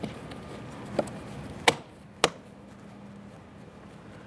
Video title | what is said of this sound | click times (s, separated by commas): How to Replace Front Window Regulators 2015-2020 Ford F-150 | Other than that, we have several locking tabs that will press right in. | 1.7 s, 2.2 s